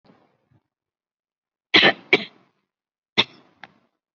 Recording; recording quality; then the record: shallow voluntary cough; excellent, no background noise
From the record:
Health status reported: COVID-19 positive, mild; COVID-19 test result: positive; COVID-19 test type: RT-PCR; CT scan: not taken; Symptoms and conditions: fatigue, muscle pain, hypertension, diabetes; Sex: female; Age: 67 years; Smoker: no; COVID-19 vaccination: none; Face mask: not worn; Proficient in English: no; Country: India